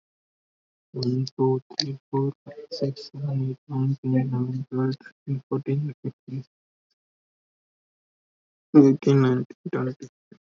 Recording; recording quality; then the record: counting at a normal pace; excellent, no background noise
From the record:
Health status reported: COVID-19 positive, mild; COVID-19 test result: positive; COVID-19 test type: RT-PCR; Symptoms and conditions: cough, fever, fatigue, muscle pain, asthma, hypertension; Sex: male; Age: 28 years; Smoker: no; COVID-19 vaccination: both doses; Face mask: worn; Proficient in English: yes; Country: India